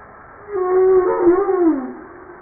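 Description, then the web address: Humpback whale call: a sustained, wavering tonal moan that bends slightly up and down before sliding lower and fading. From a 2013 JASA publication. "JASA 2013 Blue Bowhead Fin Humpback Southern Right Whale humpback 940305 0937"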